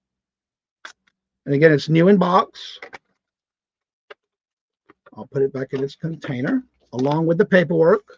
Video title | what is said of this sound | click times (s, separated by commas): Your 5 O’clock Traffic Jam Auction ~ Nov 22, 2024 | and then when you're done you just squeeze and then push and it snaps in place | 0.9 s